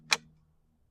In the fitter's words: Like I kid you not, you're going to hear the click.